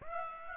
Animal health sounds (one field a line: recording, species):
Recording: mosquito wingbeat signal from an infrared sensor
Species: Aedes aegypti